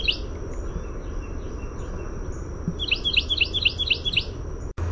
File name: CARW song